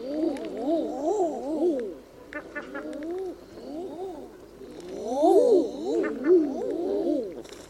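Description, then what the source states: Common eider cooing chorus: crooning arched notes swelling up and down from several birds at once, with faint higher calls in the background. Several common eiders recorded in tundra habitat.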